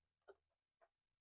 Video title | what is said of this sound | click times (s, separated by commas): 6.0 powerstroke injector failure fix! | So you don't, there, and you can hear it clunk on. | 0.3 s